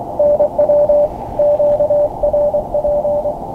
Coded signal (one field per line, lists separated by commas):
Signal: Morse code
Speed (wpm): 21 wpm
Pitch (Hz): 590 Hz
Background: none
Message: NW QRP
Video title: KX3 activates Little SI for Summits on the Air - SOTA